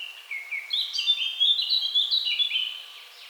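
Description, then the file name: Eurasian blackcap song, a continuous fluty warble of slurred whistled notes rising and falling, fading out at the end. "Sylvia atricapilla"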